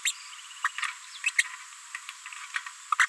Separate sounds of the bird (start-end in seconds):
0.05-0.12, 0.64-0.68, 1.26-1.29, 2.56-2.58, 2.92-2.94, 2.99-3.05